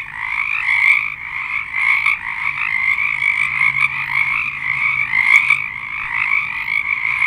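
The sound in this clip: Frogs trilling in chorus, several callers overlapping continuously with gentle rises and falls in volume.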